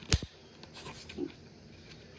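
The folding probe of a ROUUO Rosmax instant-read meat thermometer is closed again into its plastic housing, giving a sharp, bright snap at 0.1 s. A few faint handling ticks follow, and the probe is seated.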